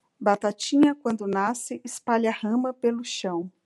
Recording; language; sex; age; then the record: short text; Brazilian Portuguese; female; 40 to 49 years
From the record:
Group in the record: control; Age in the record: 47 years